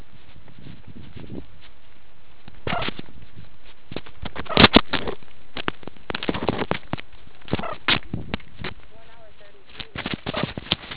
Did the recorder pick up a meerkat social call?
no